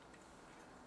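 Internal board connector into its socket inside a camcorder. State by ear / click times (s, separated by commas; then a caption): not seated / none. During reassembly of a Sony DSR-PD170P camcorder, an internal ribbon board connector is being handled and pushed toward its socket inside the camera. Only a steady, low hiss and a couple of faint high ticks are heard. Nothing has seated or clicked yet.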